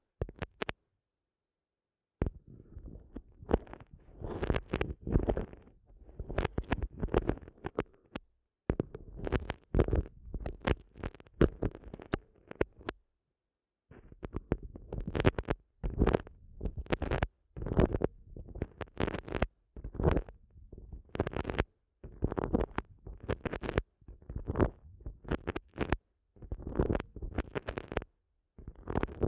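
An ASMR eardrum massage: dense bursts of soft rubbing and crackling, with deep muffled thuds underneath. The strokes come in uneven clusters a second or two long, broken by brief near-silent gaps, and continue without letup for the full half minute.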